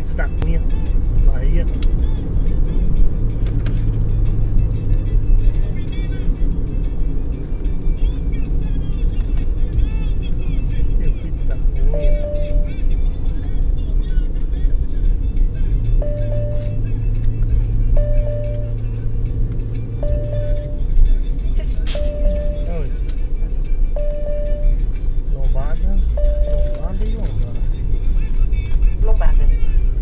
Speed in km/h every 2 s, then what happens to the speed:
66, 64, 60, 57, 54, 51, 49, 45, 43, 44, 44, 44, 43, 40, 39.
0-15 slows to 43. 15-23 steady at about 44.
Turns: none.